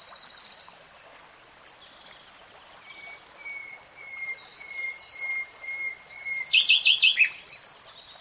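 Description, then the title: Nightingale song: a quick trill, then a series of pure drawn-out whistles, ending in a fast, loud rattle. Singing, heard in real time, from a 3-hour recording. "[Tiếng chim hót] REALTIME Nightingale Singing"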